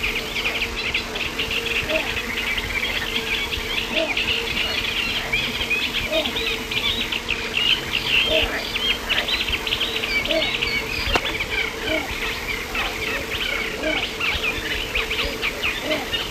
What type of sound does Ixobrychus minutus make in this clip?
song